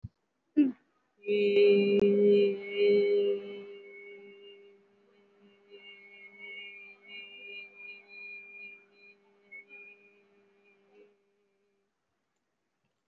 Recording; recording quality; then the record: sustained vowel as in made; excellent, no background noise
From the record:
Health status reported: COVID-19 positive, mild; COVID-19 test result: positive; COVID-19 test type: RT-PCR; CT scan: taken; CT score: 5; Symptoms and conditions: cough, sore throat, fever, muscle pain, loss of smell and taste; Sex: female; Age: 46 years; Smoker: no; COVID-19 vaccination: none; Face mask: worn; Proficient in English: yes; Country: India